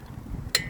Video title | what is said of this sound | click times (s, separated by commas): 2016 toyota camry'$ tire change (part2) | or i don't know if you're gonna you're hearing the click sound because | 0.5 s